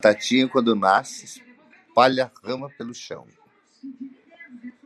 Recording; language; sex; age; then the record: short text; Brazilian Portuguese; female; 50 to 59 years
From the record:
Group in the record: control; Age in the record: 51 years